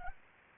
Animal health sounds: mosquito wingbeat signal from an infrared sensor; Anopheles arabiensis

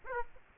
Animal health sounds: mosquito wingbeat signal from an infrared sensor; Aedes aegypti

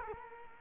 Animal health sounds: mosquito wingbeat signal from an infrared sensor; Culex quinquefasciatus

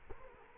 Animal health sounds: mosquito wingbeat signal from an infrared sensor; Culex quinquefasciatus

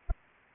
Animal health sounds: mosquito wingbeat signal from an infrared sensor; Anopheles arabiensis

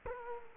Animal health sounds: mosquito wingbeat signal from an infrared sensor; Culex quinquefasciatus

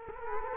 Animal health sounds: mosquito wingbeat signal from an infrared sensor; Culex quinquefasciatus

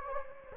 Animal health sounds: mosquito wingbeat signal from an infrared sensor; Anopheles gambiae

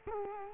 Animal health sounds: mosquito wingbeat signal from an infrared sensor; Culex quinquefasciatus

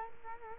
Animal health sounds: mosquito wingbeat signal from an infrared sensor; Culex quinquefasciatus

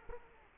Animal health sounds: mosquito wingbeat signal from an infrared sensor; Culex quinquefasciatus

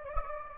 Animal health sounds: mosquito wingbeat signal from an infrared sensor; Anopheles gambiae

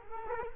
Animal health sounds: mosquito wingbeat signal from an infrared sensor; Culex quinquefasciatus

